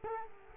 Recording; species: mosquito wingbeat signal from an infrared sensor; Culex quinquefasciatus